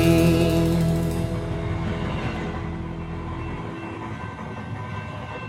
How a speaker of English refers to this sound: Here comes a train. Comes a train. It's rolling on the tracks, gonna get there fast, yeah. Choo-choo, here comes a train.